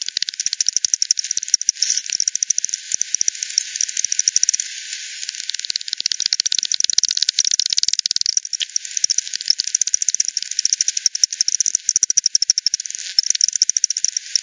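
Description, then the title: Bat echolocation pulses, a continuous fast clatter of clicks throughout. Multiple bats at Hogsmill River, Hogsmill Lane, 7 October 2020, 18:10 UTC; recorded via frequency division by ten, band-pass filtered, resampled. "bat 20201007 T 18 : 10 Z-Hogsmill-Lane-Hogsmill-River-multiple-bats"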